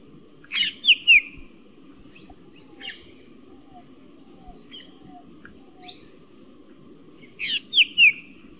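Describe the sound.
Black drongo calls, two bursts of sharp slurred notes at start and end, a few faint calls between, over a steady low background rumble.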